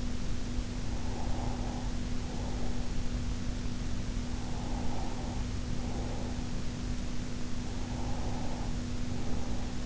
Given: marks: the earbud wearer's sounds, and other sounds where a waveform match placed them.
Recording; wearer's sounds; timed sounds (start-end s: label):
sounds in sleep by an in-ear microphone; breath
0.86-2.97 s: breath
4.43-6.39 s: breath
7.74-9.86 s: breath